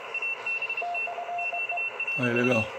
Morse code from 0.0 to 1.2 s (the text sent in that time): ABT